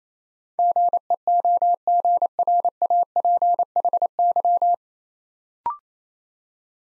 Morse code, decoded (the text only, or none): GEOGRAPHY